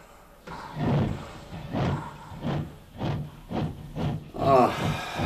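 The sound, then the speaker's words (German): A train window being opened: a run of about six heavy, wooden clunks and thumps at a steady pace, finishing with a brief scraping rattle. “Warte, ich werde mal das Fenster aufmachen.”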